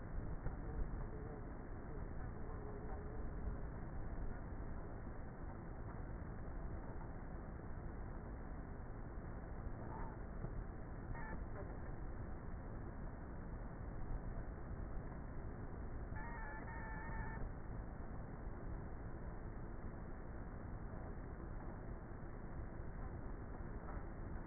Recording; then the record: honeybee colony, microphone inside the hive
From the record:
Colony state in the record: queenless with a low population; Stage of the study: before two queens were removed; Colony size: about 30,000 bees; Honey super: no